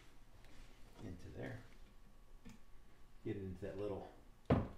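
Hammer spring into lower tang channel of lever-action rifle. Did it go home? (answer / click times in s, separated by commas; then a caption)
yes / 4.5 s. While someone talks, the steel hammer spring of a Marlin 336 lever-action rifle is wedged into its small channel in the lower tang during reassembly after cleaning. A sharp thunk at 4.5 s marks the spring seating in the channel.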